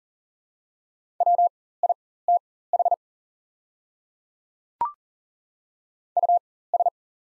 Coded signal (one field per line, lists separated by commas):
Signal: Morse code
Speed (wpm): 40 wpm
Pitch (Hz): 700 Hz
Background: none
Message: WITH US